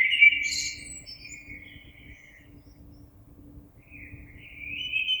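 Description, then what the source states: Common blackbird song: a warbled phrase opening with a high squeaky flourish, a pause, then another rising fluty phrase, over faint steady hum. Recorded 26 April 2022.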